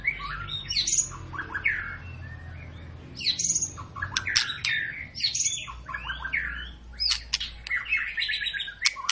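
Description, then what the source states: White-rumped shama singing a dense jumble of whistles, chirps and sharp clicks over a steady low hum. Long continuous lure song of a vigorously singing (gacor) bird, used to prompt other shamas to sing.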